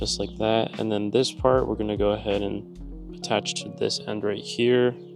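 Someone talks over background guitar music while handling the second connector of the diffuser wiring harness on a 2025 Honda Civic Si, lining up its plug with the matching vehicle wiring connector. Nothing has seated or clicked yet.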